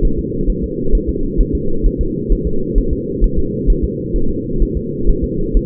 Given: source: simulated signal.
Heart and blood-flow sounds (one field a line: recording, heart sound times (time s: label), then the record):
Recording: fetal heart sounds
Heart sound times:
0.05 s: S1
0.19 s: S2
0.50 s: S1
0.64 s: S2
0.95 s: S1
1.09 s: S2
1.41 s: S1
1.55 s: S2
1.86 s: S1
2.01 s: S2
2.32 s: S1
2.47 s: S2
2.78 s: S1
2.93 s: S2
3.24 s: S1
3.39 s: S2
3.70 s: S1
3.84 s: S2
4.16 s: S1
4.30 s: S2
4.62 s: S1
4.77 s: S2
5.09 s: S1
5.24 s: S2
5.57 s: S1
From the record:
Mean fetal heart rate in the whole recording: 130 bpm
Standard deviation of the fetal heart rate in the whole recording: 2 bpm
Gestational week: 38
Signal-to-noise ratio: -8.1 dB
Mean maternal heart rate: 72 bpm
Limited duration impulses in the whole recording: absent